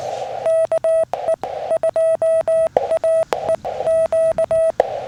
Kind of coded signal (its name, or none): Morse code